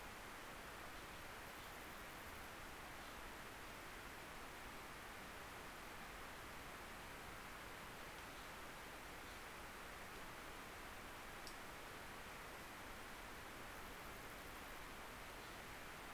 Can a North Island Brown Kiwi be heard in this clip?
no